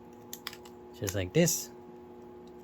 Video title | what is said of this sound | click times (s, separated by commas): Dino Fury Megazord VS KishiRyuOh Three Knights (Power Rangers Dino Fury/Kishiryu Sentai Ryusoulger) | Make sure it snaps into place like that | 0.3 s, 0.5 s